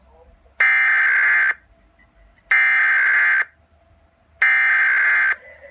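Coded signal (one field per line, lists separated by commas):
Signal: Emergency Alert System (SAME) tones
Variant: header bursts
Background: speech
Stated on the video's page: Fictional EAS scenario.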